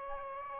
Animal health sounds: mosquito wingbeat signal from an infrared sensor; Aedes aegypti

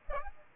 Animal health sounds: mosquito wingbeat signal from an infrared sensor; Aedes aegypti

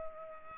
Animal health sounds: mosquito wingbeat signal from an infrared sensor; Culex pipiens

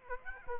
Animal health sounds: mosquito wingbeat signal from an infrared sensor; Aedes aegypti

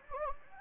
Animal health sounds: mosquito wingbeat signal from an infrared sensor; Anopheles gambiae

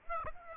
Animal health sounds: mosquito wingbeat signal from an infrared sensor; Aedes aegypti

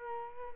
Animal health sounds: mosquito wingbeat signal from an infrared sensor; Culex quinquefasciatus

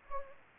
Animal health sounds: mosquito wingbeat signal from an infrared sensor; Anopheles gambiae

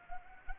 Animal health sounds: mosquito wingbeat signal from an infrared sensor; Anopheles arabiensis

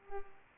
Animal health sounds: mosquito wingbeat signal from an infrared sensor; Culex pipiens

